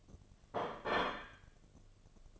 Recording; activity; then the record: daily activity, microphone in the room; place plate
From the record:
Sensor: 4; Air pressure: 1005.1 hPa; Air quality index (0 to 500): 183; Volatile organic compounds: 5 ppm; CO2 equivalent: 1800 ppm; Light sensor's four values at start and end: 5/11/4/4 and 5/11/4/4